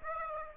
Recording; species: mosquito wingbeat signal from an infrared sensor; Aedes aegypti